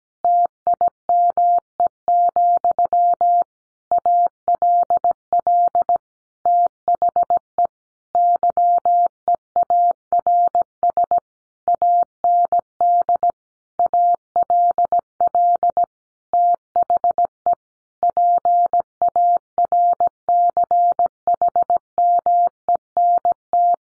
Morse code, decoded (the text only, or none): TIME, ALL THE YEARS AND ALL THE PARCHMENT